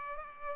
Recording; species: mosquito wingbeat signal from an infrared sensor; Culex pipiens